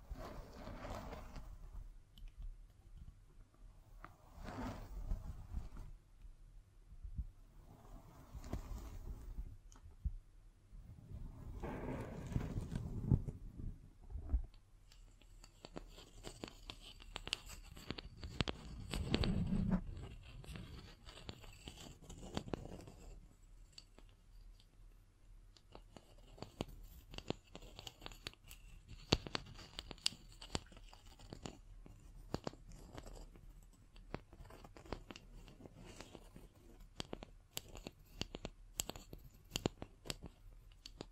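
Scratching and tapping sounds with dry, crisp textures, like rubbing and crunching on a surface. The first fifteen seconds have heavier, lower swells around 5, 12 and again near 20 seconds, then lighter, brighter scratches and quick taps continue steadily to the end.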